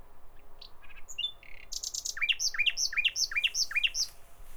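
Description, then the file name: Common nightingale singing a few soft introductory notes, then a rapid run of repeated slurred whistles. "Nachtigall"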